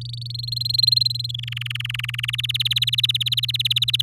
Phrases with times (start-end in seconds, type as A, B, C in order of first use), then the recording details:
0.01-0.32 A, 0.34-1.32 B, 1.34-2.31 C, 2.33-4.01 D. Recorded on 7 May 2018 at 05:47. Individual llb16